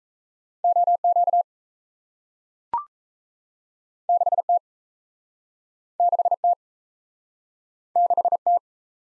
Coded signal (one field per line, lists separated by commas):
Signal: Morse code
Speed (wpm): 38 wpm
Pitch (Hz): 700 Hz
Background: none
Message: OQ 6T 6T 6T